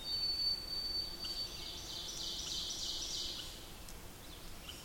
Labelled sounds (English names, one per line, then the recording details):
Ovenbird song
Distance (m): 65 m
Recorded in boreal forest in Alberta, Canada, on 8 June 2016 at 08:27
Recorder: SongMeter 3, array SBT-3-9
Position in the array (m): 179 m, 155 m
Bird 35